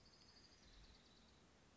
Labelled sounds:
Orange-crowned Warbler
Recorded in Sonoma County, California

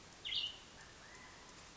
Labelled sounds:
Cassin's Vireo
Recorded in Sonoma County, California

